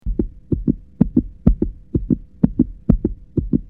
Heart Beat Very Fast.